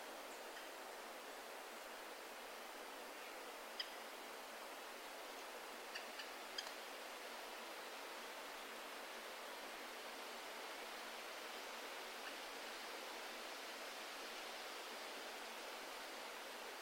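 Wind rushes steadily through the forest canopy, a dense, even hiss that stays bright and never swells or fades across the whole stretch. A few faint, crisp ticks, perhaps falling leaves, surface near four seconds and again around six to seven seconds.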